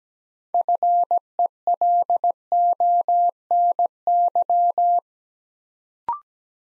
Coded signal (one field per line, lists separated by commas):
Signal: Morse code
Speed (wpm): 17 wpm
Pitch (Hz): 700 Hz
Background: none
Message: FELONY